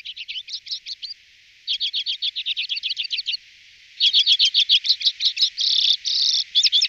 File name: Golosa ptic - CHechyotka Acanthis flammea